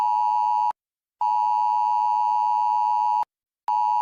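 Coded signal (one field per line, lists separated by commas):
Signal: Emergency Alert System (SAME) tones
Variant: 853 and 960 Hz attention tone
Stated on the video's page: Emergency alert heard on a phone, about coronavirus.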